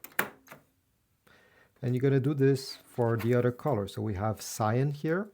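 A thumb pushes on the red circle of a plastic magenta ink cartridge sitting in its slot in the cartridge bay of a Brother MFC-J1170DW inkjet printer, and a sharp click at 0.2 s shows it seated in place. Someone then talks.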